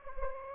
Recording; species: mosquito wingbeat signal from an infrared sensor; Anopheles gambiae